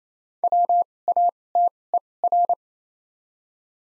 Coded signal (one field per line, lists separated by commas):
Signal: Morse code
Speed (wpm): 28 wpm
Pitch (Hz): 700 Hz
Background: none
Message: W A T E R